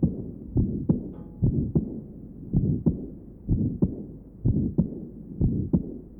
Patient with aortic stenosis and aortic insufficiency, recording taken from left sternal edge. Note the ejection systolic murmur and the long early diastolic murmur.